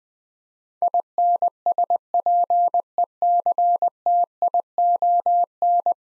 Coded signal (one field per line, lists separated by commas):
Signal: Morse code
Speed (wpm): 20 wpm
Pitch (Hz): 700 Hz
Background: none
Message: INSPECTION